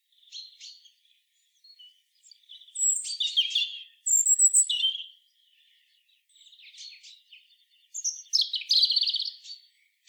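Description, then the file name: European robin song: nearly continuous high warbling, with thin piping whistles, fluttering trills and short pauses between varied phrases. "Erithacus rubecula"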